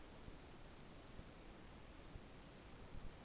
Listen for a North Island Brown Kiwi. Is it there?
no